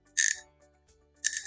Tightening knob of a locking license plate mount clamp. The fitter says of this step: can tighten. You can hear it clicking, but